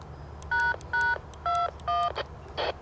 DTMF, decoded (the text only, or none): ##21